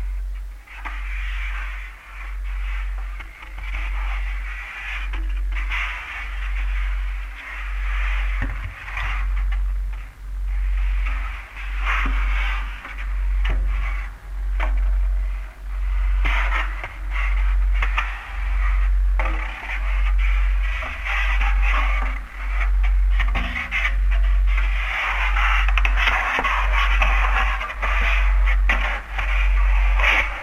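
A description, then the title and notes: A low sine wave looms steadily underneath, pulsing in slow regular swells roughly every second. Over it, awkward scrapes, thumps and scratches of cutlery and polystyrene arrive in an uneven, arrhythmic scatter, bright, growing busier and louder toward the end. A looming, out-of-phase low sine wave, an awkward scrape/thump/scratch arhythm made of cutlery & polysterene. The processing is reletively light, but definite - a little granular delay adn reverb, a little phasing; f i l t r a t i o n of various levels.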